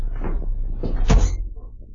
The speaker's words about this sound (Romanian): Oh, dar ce cald e aici. Să deschid puțin ușa.